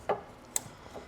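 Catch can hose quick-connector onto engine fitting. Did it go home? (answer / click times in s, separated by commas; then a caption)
no / none. A catch can hose quick-connector is handled at its engine fitting on a 2007-2014 Mustang S197 GT500, producing a dull knock around 0.1 s and a sharp, bright tick at 0.6 s, followed by faint rubbing. Nothing has seated or clicked into place yet.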